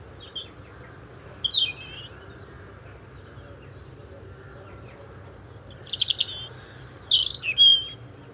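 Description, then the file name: European robin with brief high, thin notes, then a cluster of sharp, trilled and whistled phrases late, steady low hiss behind. "Erithacus rubecula"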